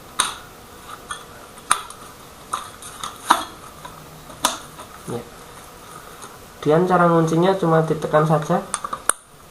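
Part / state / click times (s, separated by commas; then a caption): CPU cooler push pin into motherboard mounting hole / seated / 9.1 s. A CPU cooler push-pin fastener is pressed into a motherboard mounting hole to lock it, and locking is done just by pressing. Several sharp taps and knocks are heard while someone talks. A sharp click at 9.1 s shows the pin seating into the motherboard.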